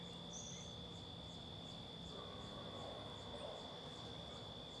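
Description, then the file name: Crickets giving a steady, high, continuous trill over a low rumbling background. Rural ambience with distant traffic. "Ambiencia rural grilos, vaca, passaros, mosca, galo, transito longe"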